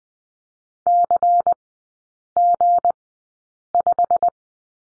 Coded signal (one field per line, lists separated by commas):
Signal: Morse code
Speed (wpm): 20 wpm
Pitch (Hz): 700 Hz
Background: none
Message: CG5